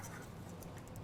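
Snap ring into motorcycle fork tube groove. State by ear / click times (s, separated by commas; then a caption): not seated / none. A snap ring is handled with 90-degree snap ring pliers at the groove of a BMW R80 RT motorcycle fork tube, part of an RT-to-S conversion, where it will hold the lower plug. A steady low hum runs throughout with faint small ticks and scrapes, without a loud metallic snap. Nothing has seated or clicked yet.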